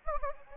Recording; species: mosquito wingbeat signal from an infrared sensor; Anopheles gambiae